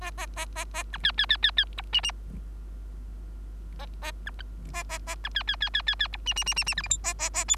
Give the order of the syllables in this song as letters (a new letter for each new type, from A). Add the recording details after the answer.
A A A A A B C C C C C D E E A A B A A A B C C C C C C D E E E E E F G H A A A I. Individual Bird3